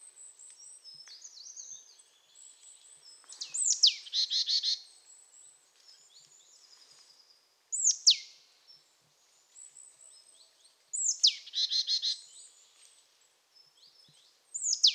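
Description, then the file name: Marsh Tit calls: several sharp falling notes, two of them followed by a fast buzzy phrase, over soft high twittering. "Poecile palustris"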